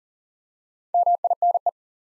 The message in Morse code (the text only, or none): MINE